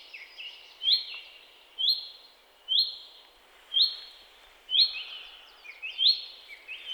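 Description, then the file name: Common chaffinch calling: a short, bright, high note repeated about once a second, each followed by a fainter drawn-out tone, over a quiet background. "Fringilla coelebs"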